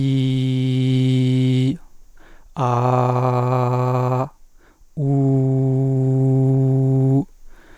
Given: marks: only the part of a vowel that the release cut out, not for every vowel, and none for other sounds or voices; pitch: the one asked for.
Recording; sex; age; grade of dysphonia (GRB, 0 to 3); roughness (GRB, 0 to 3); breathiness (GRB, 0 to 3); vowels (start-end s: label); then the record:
sustained vowels; male; 30 to 39 years; 2; 2; 0
0.00-1.62 s: vowel /i/, normal pitch
2.69-4.14 s: vowel /a/, normal pitch
5.11-7.09 s: vowel /u/, normal pitch
From the record:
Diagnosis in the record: hypotonic dysphonia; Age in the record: 37 years